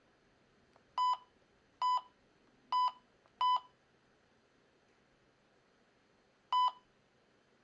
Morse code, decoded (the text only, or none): none